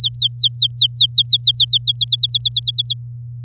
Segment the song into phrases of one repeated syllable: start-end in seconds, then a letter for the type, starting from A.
0.01-1.78 A, 1.81-2.94 B